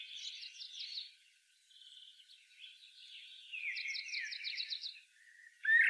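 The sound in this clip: Common blackbird song heard softly, with quiet warbles and two short bursts of rapid high trilled notes, ending in a louder clear note.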